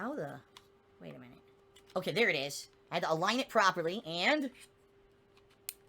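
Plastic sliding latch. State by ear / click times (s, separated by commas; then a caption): seated / 5.7 s. A Joy-Con style controller half is slid downward onto a grip holder after being aligned properly. Someone talks, and then a sharp snap at 5.7 s shows the controller seated on the grip.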